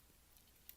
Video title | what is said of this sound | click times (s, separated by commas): Takara Tony Masterpiece MP-33 Inferno Review and small update | it clicks in place it clicks in place on this side because you have the nozzle | 0.7 s